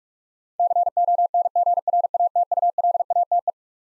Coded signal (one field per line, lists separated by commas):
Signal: Morse code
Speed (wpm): 42 wpm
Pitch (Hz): 700 Hz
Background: none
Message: CONGRATULATE